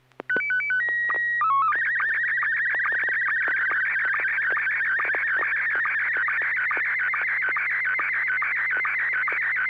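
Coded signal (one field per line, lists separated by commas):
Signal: SSTV (slow-scan television)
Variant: Scottie 1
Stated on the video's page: SSTV net on a 441.300 MHz FM repeater, Sacramento, CA, sent with MMSSTV.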